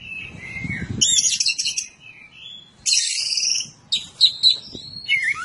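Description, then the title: Oriental magpie-robin song of harsh high buzzy bursts alternating with clear slurred whistles, opening over a brief low rumbling noise. "Kacer"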